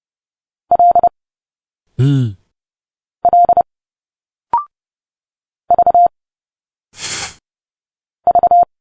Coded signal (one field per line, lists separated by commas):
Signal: Morse code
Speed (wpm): 30 wpm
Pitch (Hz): 700 Hz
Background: none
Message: L L V V